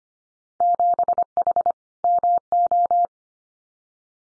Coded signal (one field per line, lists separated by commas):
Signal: Morse code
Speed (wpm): 25 wpm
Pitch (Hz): 700 Hz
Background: none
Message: 7H MO